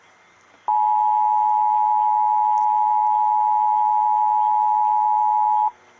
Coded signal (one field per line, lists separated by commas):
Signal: Emergency Alert System (SAME) tones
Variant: 853 and 960 Hz attention tone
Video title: EAS 444 TORNADO WARNING NWS Indianapolis?